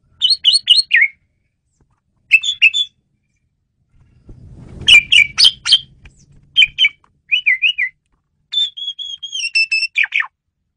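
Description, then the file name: Asian pied starling calls in short squeaky bursts, then a run of whistled notes, with a brief low rumble in the middle. Female bird, used as a lure (pemikat) bird. "jalak suren betina pemikat"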